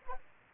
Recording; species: mosquito wingbeat signal from an infrared sensor; Aedes aegypti